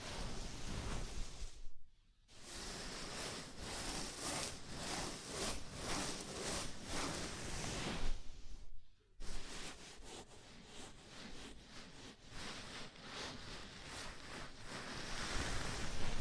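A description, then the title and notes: Scalp massage: fingers rub through hair in a dense, scratchy rustle that fills everything from low to bright. The rubbing comes in quick, uneven strokes with a rough, surf-like wash, breaking off briefly just before 2 seconds and again around 9 seconds. ASMR Sleepy Scalp Massage (No Talking).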